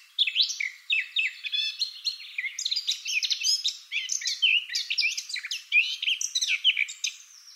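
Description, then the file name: Eurasian blackcap song, a sustained, fast, scratchy warble mixing chirps, trills and clear whistles in back-to-back phrases. "Sylvia atricapilla"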